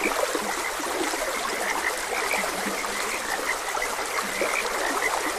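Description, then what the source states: Frog chorus of short croaks and some deeper, drawn-out notes, heard against the continuous sound of a trickling stream. Frogs croaking beside a gentle stream.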